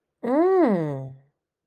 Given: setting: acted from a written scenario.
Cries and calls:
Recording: vocal sound without words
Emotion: interest

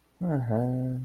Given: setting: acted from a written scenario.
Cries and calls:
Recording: vocal sound without words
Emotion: neutral

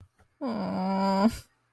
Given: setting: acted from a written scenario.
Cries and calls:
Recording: vocal sound without words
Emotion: sadness

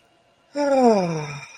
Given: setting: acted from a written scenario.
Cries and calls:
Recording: vocal sound without words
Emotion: pride

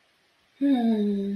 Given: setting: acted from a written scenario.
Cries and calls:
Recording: vocal sound without words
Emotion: serenity

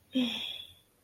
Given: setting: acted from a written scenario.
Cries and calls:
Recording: vocal sound without words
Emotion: guilt

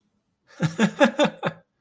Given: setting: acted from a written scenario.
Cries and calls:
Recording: vocal sound without words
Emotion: amusement

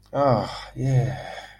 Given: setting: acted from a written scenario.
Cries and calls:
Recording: vocal sound without words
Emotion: serenity

